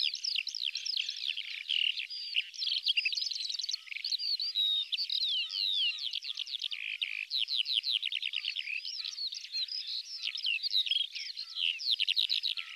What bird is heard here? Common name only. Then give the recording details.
Black Lark. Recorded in the wild. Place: Tengiz, KZ. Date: 2000-05-14. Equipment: MiniDisc Sharp MT 20 H. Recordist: Schwarz, Dieter